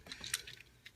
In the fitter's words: like so, straighten them out, extend them, straighten them out until they click.